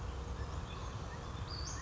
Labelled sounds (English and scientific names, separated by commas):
Western Flycatcher (Empidonax difficilis)